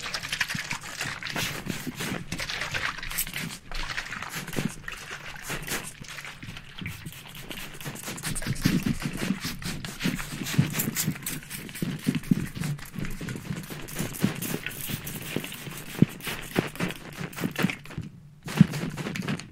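Rapid bursts from a barbershop spray bottle fire in a quick, almost continuous stream of short hissing puffs with a low thudding undertone. The rhythm stays dense for most of the clip, with a brief silence near eighteen seconds before spraying resumes.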